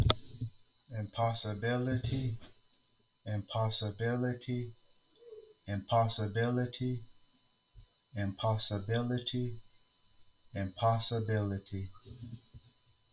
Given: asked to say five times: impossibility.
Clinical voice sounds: repeated word; male; 30 to 39 years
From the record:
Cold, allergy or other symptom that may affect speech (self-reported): no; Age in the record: 36 years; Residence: Texas, United States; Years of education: 15

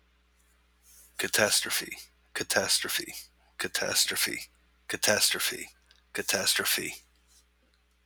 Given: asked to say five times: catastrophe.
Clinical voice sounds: repeated word; male; 30 to 39 years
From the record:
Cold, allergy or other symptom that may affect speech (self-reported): no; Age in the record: 35 years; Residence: Alabama, United States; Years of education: 12

